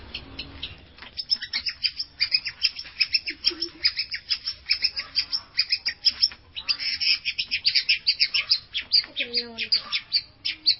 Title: Cendet Pentet